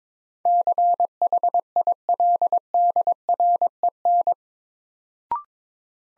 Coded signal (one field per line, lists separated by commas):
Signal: Morse code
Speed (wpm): 21 wpm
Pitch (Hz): 700 Hz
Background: none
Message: CHILDREN